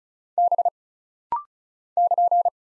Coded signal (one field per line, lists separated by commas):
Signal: Morse code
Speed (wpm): 34 wpm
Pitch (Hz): 700 Hz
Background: none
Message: B <KN>